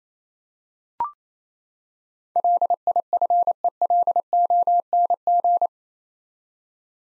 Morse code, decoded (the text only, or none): LIFELONG